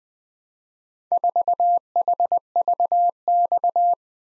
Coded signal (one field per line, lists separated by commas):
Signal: Morse code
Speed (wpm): 20 wpm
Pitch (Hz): 700 Hz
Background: none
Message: 4HVX